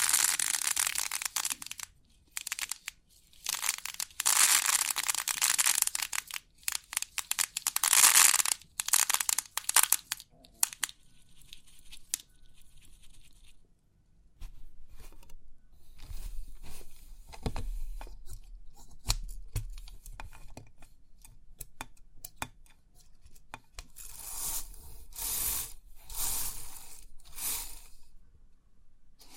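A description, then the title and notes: Crisp 3D pin art is pressed and pushed, giving dense bursts of bright rattling and clicking. Loud scratchy rushes fill the first ten seconds, then softer, sparser ticking and tapping follows with a few low thumps. Another bright flurry of rattling returns near the end. Crisp 3D Pin Art Tingles(No Talking).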